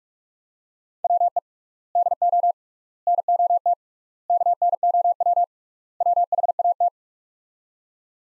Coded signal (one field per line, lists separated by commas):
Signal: Morse code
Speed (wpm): 43 wpm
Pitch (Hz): 700 Hz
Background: none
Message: WE DO NOT KNOW WHAT